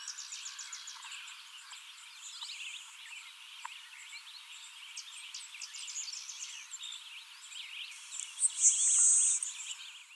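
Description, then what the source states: LeConte's sparrow song: a thin, very high insect-like buzz near the end, over a steady chorus of faint chirps and insect-like buzzing. Recorded 21 July 2019; the recording holds six songs.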